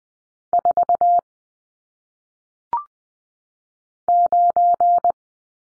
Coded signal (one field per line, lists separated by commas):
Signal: Morse code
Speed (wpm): 20 wpm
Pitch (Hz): 700 Hz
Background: none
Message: 4 9